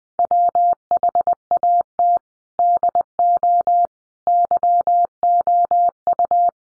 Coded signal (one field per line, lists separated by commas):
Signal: Morse code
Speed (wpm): 20 wpm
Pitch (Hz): 700 Hz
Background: none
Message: WHAT DO YOU